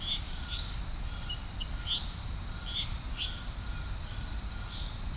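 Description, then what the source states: Frog chorus of short, high chirps and whistled notes scattered irregularly over a steady faint hum, with a constant low rumble beneath. Frog chorus recorded at Serrinha do Alambari, Brazil.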